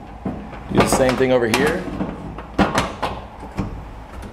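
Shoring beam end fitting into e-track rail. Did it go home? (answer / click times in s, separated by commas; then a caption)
no / none. Someone talks while the opposite end of a metal Durabilt E-Track shoring beam is lifted toward the e-track rail on the other wall, with light handling knocks around 2.4 s and 3.0 s. Nothing has seated or clicked yet; the spring fitting has not locked into the rail.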